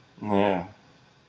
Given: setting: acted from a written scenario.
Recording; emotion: vocal sound without words; shame